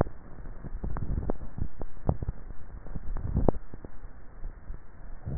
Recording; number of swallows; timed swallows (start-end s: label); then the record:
swallowing sounds by neck microphone; 2
0.78-1.42 s: swallow
2.98-3.52 s: swallow
From the record:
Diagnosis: dysphagia